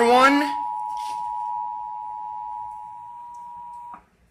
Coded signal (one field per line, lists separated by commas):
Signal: Emergency Alert System (SAME) tones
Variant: 853 and 960 Hz attention tone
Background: speech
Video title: TV channel corruption plus Emergency Alert System's corrupted message!